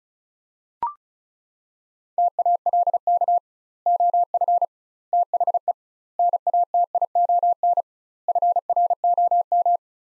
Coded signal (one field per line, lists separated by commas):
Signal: Morse code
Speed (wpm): 36 wpm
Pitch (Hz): 700 Hz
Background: none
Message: TALK OF THE NATION FROM